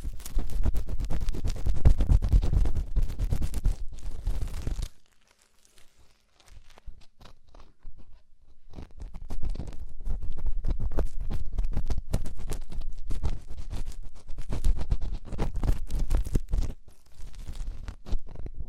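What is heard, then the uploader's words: Deep ear cleaning with dense, crackling scratches and rubbing that fill the first five seconds. A near-silent pause of about three seconds follows, then the scraping and crunchy rustling resume and continue steadily to the end, with frequent quick strokes. ASMR INTENSE Deep Ear Cleaning (No Talking).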